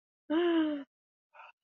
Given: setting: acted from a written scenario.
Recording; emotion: vocal sound without words; negative surprise